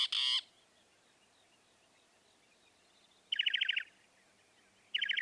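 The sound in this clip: Northern mockingbird song: a short harsh burst, then two rapid buzzy trilled phrases separated by pauses, over a quiet hiss.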